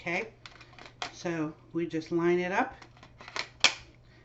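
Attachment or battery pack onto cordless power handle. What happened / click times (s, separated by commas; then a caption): The plastic part snapped onto the handle / 3.6 s. Someone talks while lining up a part, either the attachment or the battery pack, and fitting it onto a plastic cordless power handle, with a few light clicks and handling noises along the way. A sharp, loud snap at 3.6 s shows the part seated correctly, and the blue light comes on.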